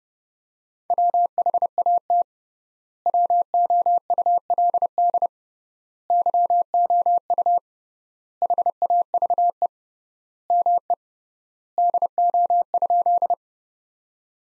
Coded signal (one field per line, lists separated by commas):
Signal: Morse code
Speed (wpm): 30 wpm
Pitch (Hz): 700 Hz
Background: none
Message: WHAT WOULD YOU HAVE ME DO?